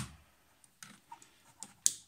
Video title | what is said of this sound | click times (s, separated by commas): Transformers KFC E.A.V.I Metal Stratotanker(Octane) | Push that down, hear that click, | 1.9 s